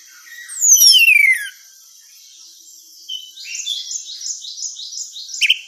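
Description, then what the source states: Orange-headed thrush calls: a bright descending whistled slur, then a run of quick chirping notes repeated roughly three per second over a steady high hum. Female bird.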